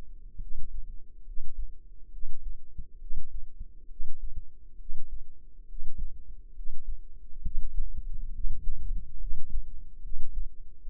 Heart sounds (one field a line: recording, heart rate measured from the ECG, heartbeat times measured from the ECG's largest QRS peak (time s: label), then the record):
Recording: heart sounds by microphone in the left ear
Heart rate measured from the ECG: 69 bpm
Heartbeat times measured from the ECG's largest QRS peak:
0.39 s: heartbeat
1.24 s: heartbeat
2.10 s: heartbeat
2.98 s: heartbeat
3.87 s: heartbeat
4.77 s: heartbeat
5.66 s: heartbeat
6.53 s: heartbeat
7.42 s: heartbeat
8.31 s: heartbeat
9.17 s: heartbeat
10.01 s: heartbeat
10.84 s: heartbeat
From the record:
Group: healthy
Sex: female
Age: 22 years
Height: 160 cm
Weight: 45 kg